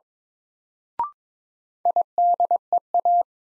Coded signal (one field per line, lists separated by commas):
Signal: Morse code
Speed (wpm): 22 wpm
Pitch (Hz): 700 Hz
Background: none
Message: IDEA